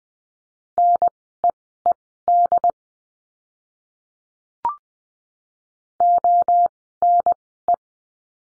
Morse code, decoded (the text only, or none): NEED ONE